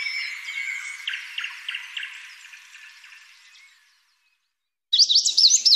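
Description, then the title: Lovebird calls: a run of harsh, rapid chirps repeated several times a second that fade out, a short silence, then a burst of loud, higher, shrill twittering. Lovebird calls used as a lure to attract lovebirds. "PIKAT BURUNG LOVEBIRD"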